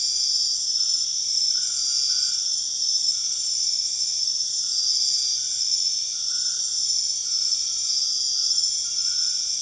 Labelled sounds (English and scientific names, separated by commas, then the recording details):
none
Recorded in secondary vegetation near Puerto Asís, Putumayo, Colombia, on 25 June 2025 at 22:00
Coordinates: 0.485, -76.322
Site GP06